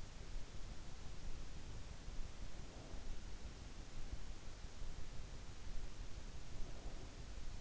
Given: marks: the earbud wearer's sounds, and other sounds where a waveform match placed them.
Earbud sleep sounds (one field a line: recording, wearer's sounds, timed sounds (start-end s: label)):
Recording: sounds in sleep by an in-ear microphone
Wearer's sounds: breath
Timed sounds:
2.30-3.42 s: breath
6.27-7.39 s: breath